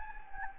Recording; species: mosquito wingbeat signal from an infrared sensor; Anopheles gambiae